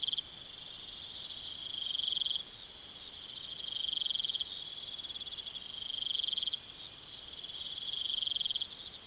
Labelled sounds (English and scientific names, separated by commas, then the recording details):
none
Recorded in pastures near Puerto Asís, Putumayo, Colombia, on 23 June 2025 at 01:00
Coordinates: 0.486, -76.323
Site H29